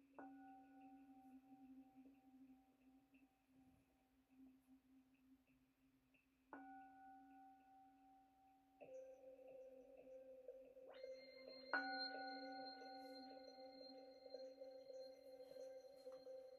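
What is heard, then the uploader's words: Struck bowl-like tones ring out over a steady low hum, with new strikes near 0, 6.5, 9, 11 and 12 seconds. Each strike adds clear sustained pitches that hang and layer, so the sound grows fuller and brighter toward the end. MIDI and BOWL sounds 7 mins per chakra.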